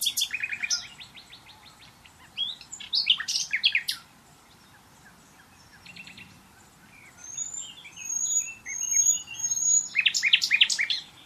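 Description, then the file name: Common nightingale song with loud stuttering rattles, buzzy repeated notes and several drawn-out pure whistles, separated by brief pauses. "Luscinia megarhynchos"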